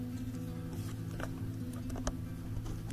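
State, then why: Not seated. A three-pin plastic harness connector for the main wire harness on a BMW G650GS is handled and lined up with its mating connector over a steady low hum. Two brief handling ticks occur at about 1.2 and 2.1 seconds. Nothing has seated or clicked yet.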